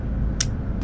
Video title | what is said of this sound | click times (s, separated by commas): 【踏切ほぼ0】関東の最果てを走る"超高速ローカル線"に乗車！ | カチッとはまるんですよ多分これ磁石になってるんでしょうけど | 0.4 s